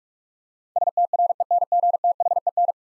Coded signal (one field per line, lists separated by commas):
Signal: Morse code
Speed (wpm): 44 wpm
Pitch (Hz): 700 Hz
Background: none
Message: STRENGTHEN